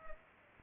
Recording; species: mosquito wingbeat signal from an infrared sensor; Culex pipiens